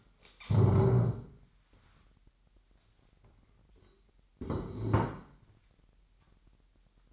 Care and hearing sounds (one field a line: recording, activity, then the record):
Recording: daily activity, microphone in the room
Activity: stand up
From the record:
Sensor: 3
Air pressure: 998.5 hPa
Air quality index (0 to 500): 130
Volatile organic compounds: 4 ppm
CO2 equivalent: 1554 ppm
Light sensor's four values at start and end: 12/28/12/13 and 12/28/12/12